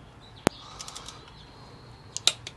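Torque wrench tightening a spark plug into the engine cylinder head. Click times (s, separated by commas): 2.3 s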